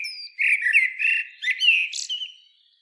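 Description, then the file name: Common blackbird song: a continuous warbled phrase of mellow whistles with buzzy, scratchy overtones, closing in a brief high chirp before fading out. "Turdus merula"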